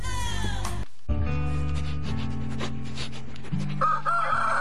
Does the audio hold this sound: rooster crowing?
yes